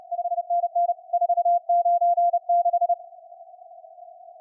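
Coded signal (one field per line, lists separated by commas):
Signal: Morse code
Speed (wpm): 32 wpm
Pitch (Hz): 700 Hz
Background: none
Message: 5NN 496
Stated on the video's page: CW contacts in the WAE contest using a SunSDR2 DX transceiver.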